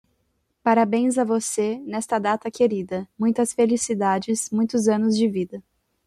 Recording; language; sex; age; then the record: short text; Brazilian Portuguese; female; 20 to 29 years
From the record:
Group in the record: control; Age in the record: 22 years